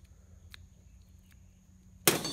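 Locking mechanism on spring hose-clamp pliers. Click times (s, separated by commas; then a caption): 2.1 s. The locking mechanism on hose-clamp pliers made for the spring clamps Volkswagen uses is engaged so an opened clamp stays held. After a few faint ticks around 0.5 s and 1.3 s, a loud, sharp metallic hit lands at 2.1 s and carries a bright noisy tail to the end. The pliers lock click into place at 2.1 s.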